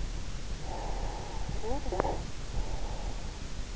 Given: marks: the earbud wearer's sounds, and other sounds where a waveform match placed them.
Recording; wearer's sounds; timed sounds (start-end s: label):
sounds in sleep by an in-ear microphone; snoring breath
0.73-3.59 s: snoring breath